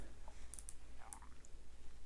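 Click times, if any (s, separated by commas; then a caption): none. Handling of the metal bezel locking latch on a Tudor P01 wristwatch case, a watch based on a 1960s commando prototype, produces several short, sharp, bright ticks over a faint steady hum. The latch is handled but not yet pushed home, and nothing has seated or clicked into place yet.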